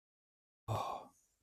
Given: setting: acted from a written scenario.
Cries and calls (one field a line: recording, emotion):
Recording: vocal sound without words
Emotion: desire